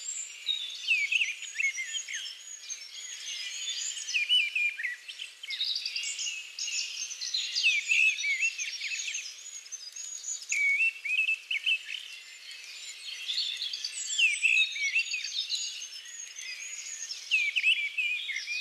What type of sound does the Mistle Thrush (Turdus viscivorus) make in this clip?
song